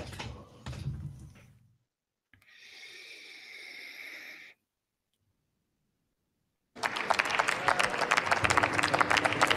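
Loud, dense applause from a parliamentary audience breaks out after a short silence and keeps going steadily to the end, preceded by a few low thumps and a brief hissing, humming passage.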